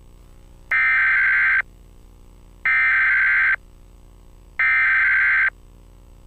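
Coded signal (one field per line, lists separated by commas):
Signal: Emergency Alert System (SAME) tones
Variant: header bursts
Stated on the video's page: Fictional EAS scenario; opening audio from Connecticut public television.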